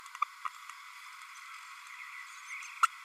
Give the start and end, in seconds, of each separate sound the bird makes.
0.21-0.24, 2.83-2.87